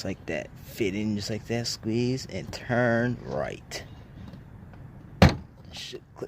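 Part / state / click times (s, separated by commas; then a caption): HID xenon bulb into car headlight housing / seated / 5.2 s. An HID xenon bulb is fitted into the back of a car headlight housing, squeezed and turned right until it locks. Someone talks first, then one loud, sharp click at 5.2 s marks the bulb seating in the housing.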